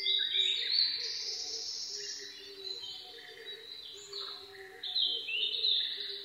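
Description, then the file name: Blue-and-white flycatcher song, bursts of high whistled phrases with sliding notes, over a steady low hum. Recorded 22 May 2011 at 04:34. "ooruri 20110522-0434"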